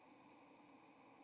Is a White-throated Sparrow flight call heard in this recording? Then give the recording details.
yes. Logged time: 07:12 on 30 October 2014